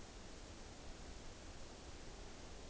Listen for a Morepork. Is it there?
no